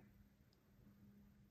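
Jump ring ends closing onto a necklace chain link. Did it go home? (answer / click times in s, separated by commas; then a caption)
no / none. A metal jump ring holding a heart pendant is being closed with pliers onto a necklace chain link, with the ends worked toward each other. Only a faint, steady low hum and soft handling noise are heard. Nothing has clicked closed or seated yet.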